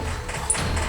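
A cylinder head bolt, threaded into an aluminum engine block with no oil on its threads, is broken loose. A sharp, high-pitched crack comes at 0.5 s over low background noise. The bolt has ripped out the aluminum threads, leaving them stripped.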